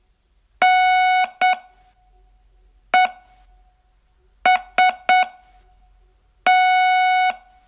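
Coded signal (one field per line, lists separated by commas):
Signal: Morse code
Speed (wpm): 8 wpm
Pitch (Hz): 740 Hz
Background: none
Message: NEST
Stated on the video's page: Morse training lesson, day 16 of a 42-day course.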